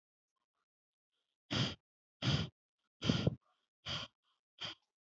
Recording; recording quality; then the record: shallow breathing; excellent, no background noise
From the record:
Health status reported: healthy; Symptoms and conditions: none ticked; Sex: female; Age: 23 years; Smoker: not ticked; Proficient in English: yes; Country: India